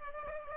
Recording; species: mosquito wingbeat signal from an infrared sensor; Aedes aegypti